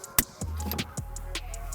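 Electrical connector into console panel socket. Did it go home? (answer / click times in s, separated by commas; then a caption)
yes / 0.2 s. During a Raceseng shift boot collar install on a Honda Civic Type R FK8, the last of three electrical wiring connectors is pushed into its console panel socket until it clips in. A sharp click at 0.2 s marks it seating, followed by quieter ticks and handling sounds, and the third connector is seated.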